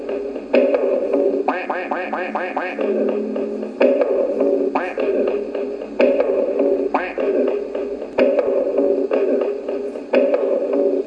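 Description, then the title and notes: Duck quacks, nasal and harmonic, in short bursts with a quick run of five or six quacks, set among choppy repeated clicks and fragments. Analogue magnetic cassette recordings from 1995 to 1999, converted to mp3 in 2009; sound experiments built from fragments of radio, CDs and field recordings. "audio cassette 1995 1999. ducks."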